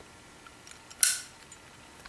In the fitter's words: I'm going to push that piece back like this listen for the click